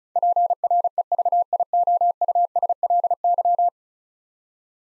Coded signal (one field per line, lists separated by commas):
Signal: Morse code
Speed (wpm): 36 wpm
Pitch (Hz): 700 Hz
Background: none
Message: PREVIOUSLY